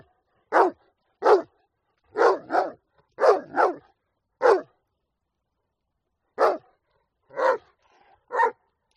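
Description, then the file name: Dog barking steadily, single and doubled woofs with short gaps, a longer pause before a final run of three barks. "audio hero Dog"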